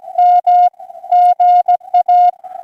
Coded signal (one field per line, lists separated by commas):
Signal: Morse code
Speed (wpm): 17 wpm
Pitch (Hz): 710 Hz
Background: music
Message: M GA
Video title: Saturday Morning Pota Hunt 4-4-2026